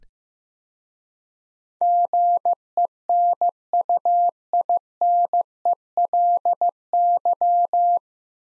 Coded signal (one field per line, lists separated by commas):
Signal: Morse code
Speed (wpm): 15 wpm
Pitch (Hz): 700 Hz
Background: none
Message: GENUINELY